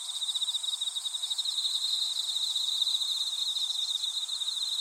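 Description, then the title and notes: Insects calling, a steady high pulsing trill with a second shrill band above it, continuous throughout. Insects calling in a grassy patch. "草むらにいる虫の声"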